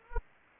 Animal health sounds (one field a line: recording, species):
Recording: mosquito wingbeat signal from an infrared sensor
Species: Anopheles arabiensis